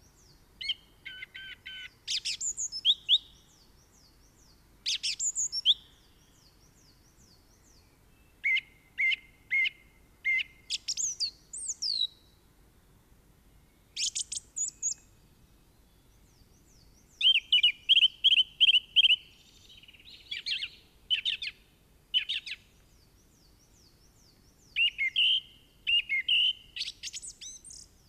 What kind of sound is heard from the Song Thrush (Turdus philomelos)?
song